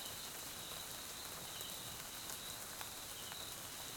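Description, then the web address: Cricket: short stretch of high, buzzy cricket trilling amid constant rain hiss and a few louder drips. South African crickets; Mkhaya, Swaziland; jungle at night during rain; background ambience. "GDC 2018-Game Audio Bundle Tonschliff - SOUTH AFRICAN CRICKETS BG Swaziland Mkhaya Jungle Night Rain"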